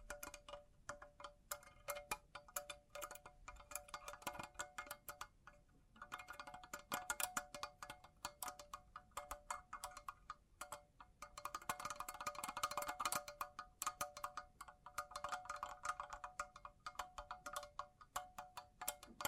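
Bling triggers: a dense, rapid stream of small metallic clinks and taps over steady ringing, chime-like tones. The jingling swells busiest around seven seconds and again near twelve to thirteen seconds, with brief lulls near six and ten seconds.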